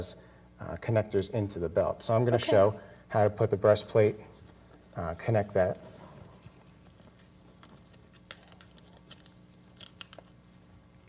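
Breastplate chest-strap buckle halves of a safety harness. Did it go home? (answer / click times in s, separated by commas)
yes / 8.3 s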